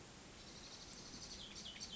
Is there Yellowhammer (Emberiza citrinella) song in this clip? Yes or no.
no